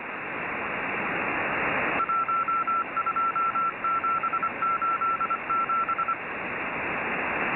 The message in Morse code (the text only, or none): 12787